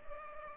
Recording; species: mosquito wingbeat signal from an infrared sensor; Culex pipiens